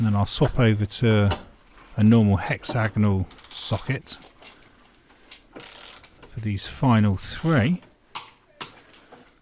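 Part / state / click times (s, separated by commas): torque wrench on a rear bush bolt of a car / torque reached / 8.2 s, 8.6 s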